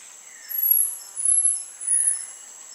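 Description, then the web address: Snethlage's marmoset uttering three very high-pitched whistles in quick succession, against a constant buzzing insect chorus. Primate recorded in a South American rainforest. "Natures Songs S America Primates of the Rainforest Snethlage's marmoset"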